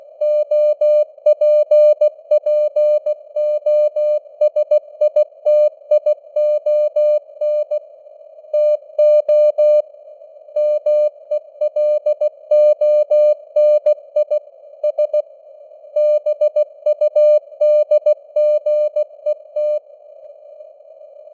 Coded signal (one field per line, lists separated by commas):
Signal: Morse code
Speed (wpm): 16 wpm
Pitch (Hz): 600 Hz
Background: none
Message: OPPOSITION TO MELONI S BUDGET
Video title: Morse Code News | 2025-12-13 | 16wpm